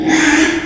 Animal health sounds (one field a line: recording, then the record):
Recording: squeal of a Yucatan mini pig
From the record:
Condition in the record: after surgery on the right vocal fold (resection and tissue-engineered implant)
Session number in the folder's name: 3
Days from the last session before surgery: 33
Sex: male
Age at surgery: 12 weeks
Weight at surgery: 13 kg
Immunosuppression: cyclosporine, prednisolone